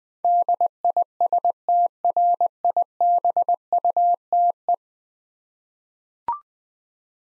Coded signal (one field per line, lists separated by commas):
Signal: Morse code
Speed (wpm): 20 wpm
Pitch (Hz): 700 Hz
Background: none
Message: DISTRIBUTE